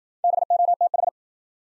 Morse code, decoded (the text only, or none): BOTH